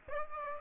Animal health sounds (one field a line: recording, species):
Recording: mosquito wingbeat signal from an infrared sensor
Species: Aedes aegypti